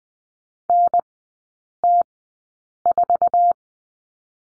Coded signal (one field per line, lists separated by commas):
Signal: Morse code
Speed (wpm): 20 wpm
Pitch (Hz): 700 Hz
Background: none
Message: NT4